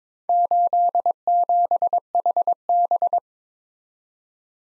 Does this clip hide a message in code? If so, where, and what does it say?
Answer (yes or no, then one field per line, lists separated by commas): yes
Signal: Morse code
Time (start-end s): 0.3-3.2 s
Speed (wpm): 22 wpm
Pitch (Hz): 700 Hz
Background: none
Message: 87HB